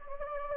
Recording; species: mosquito wingbeat signal from an infrared sensor; Anopheles gambiae